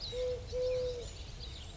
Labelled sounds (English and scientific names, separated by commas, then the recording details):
Eurasian Collared Dove (Streptopelia decaocto)
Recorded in Sonoma County, California